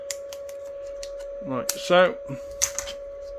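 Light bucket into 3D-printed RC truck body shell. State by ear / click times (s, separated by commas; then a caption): seated / 2.6 s, 2.8 s. A small plastic light bucket for a WPL D12 RC drift truck is dropped into its 3D-printed holder in the body shell, with faint ticks early on and someone talking around 1.5–2.1 s. It clicks into place with two sharp clicks at 2.6 s and 2.8 s, seated.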